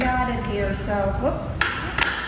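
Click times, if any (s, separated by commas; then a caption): 1.6 s. Someone talks as the adjustable arm of a gym machine, released with a pull lever, is slid to its other position and let go so the lock pin engages in the adjustment arm. A short thud is heard at 1.6 s as the arm locks into position, confirmed locked into place.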